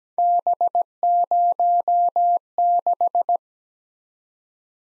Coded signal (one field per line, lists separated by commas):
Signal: Morse code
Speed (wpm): 20 wpm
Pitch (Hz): 700 Hz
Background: none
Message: B06